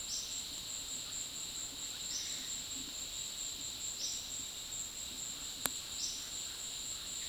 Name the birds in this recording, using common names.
Yellow-olive Flatbill